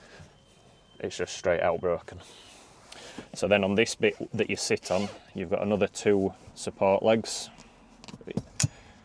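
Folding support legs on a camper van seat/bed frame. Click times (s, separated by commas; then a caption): 8.6 s. Someone talks while the two folding support legs under the seat section of a bed/bench frame in a VW T4 camper van are swung down. A few light knocks come just before a loud, sharp click at 8.6 s, as the legs lock into place.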